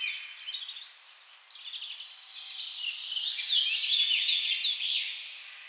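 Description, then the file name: Eurasian blackcap song: a quiet, scratchy warble that swells into a louder, richer run of varied notes toward the end. "Sylvia atricapilla"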